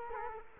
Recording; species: mosquito wingbeat signal from an infrared sensor; Culex quinquefasciatus